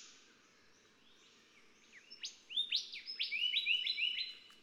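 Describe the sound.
Golden whistler song: after a faint opening, a rising series of clear whistled notes ending in loud upward-sweeping whipcracks, with a steady background hiss.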